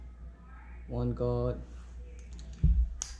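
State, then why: Seated. A plastic number-one guard is pushed onto the blade of a hair clipper until it snaps into place. Someone talks, and a few faint clicks sound near 2.2–2.4 s, followed by a low thump at about 2.6 s. The guard then seats with a sharp, bright snap at 3.0 s.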